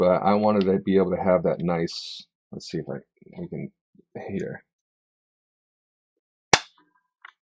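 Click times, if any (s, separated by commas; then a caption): 6.5 s. Someone talks, then presses a 3D-printed plastic spool holder piece into its mating press-fit piece until it snaps together and seats. A single sharp snap comes at 6.5 s. It is followed by a faint small click near 7.3 s.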